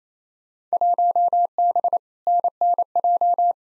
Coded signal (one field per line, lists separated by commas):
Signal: Morse code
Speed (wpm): 28 wpm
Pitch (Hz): 700 Hz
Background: none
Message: 1B NNJ